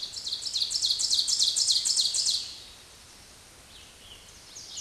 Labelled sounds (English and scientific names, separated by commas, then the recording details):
Ovenbird (Seiurus aurocapilla) song
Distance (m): 15 m
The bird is about 5 m above the microphone
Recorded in a Pennsylvania forest on 16 May 2024 at 06:35
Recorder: AudioMoth, point MSD-0475
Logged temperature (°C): 12.3 °C
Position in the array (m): 135 m, 5 m